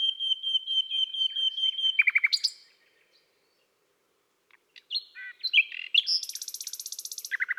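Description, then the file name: Common nightingale repeating a steady high note series, pausing, then a jumble of varied notes and a very high, fast trill. "Rossignol philomele Chants doiseaux des bois et des forets"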